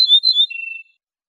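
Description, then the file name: Ortolan bunting song ending, a few high clear notes dropping to a lower, drawn-out buzzy tone, no other sounds. "suara kicauan ortolan"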